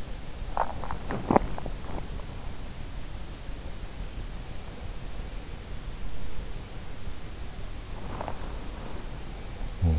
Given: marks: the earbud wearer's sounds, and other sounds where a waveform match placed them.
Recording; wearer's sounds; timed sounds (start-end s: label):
sounds in sleep by an in-ear microphone; teeth grinding
0.00-2.62 s: teeth grinding
7.87-9.99 s: sound from someone else or the room